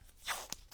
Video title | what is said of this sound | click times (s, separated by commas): Field Notes Junk Journal Pt 10: Dragonflies! | You can hear the click of the little magnets. | 0.5 s